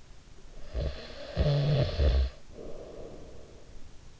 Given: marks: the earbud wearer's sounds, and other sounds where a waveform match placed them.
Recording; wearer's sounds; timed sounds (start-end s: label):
sounds in sleep by an in-ear microphone; snoring breath
0.30-4.03 s: snoring breath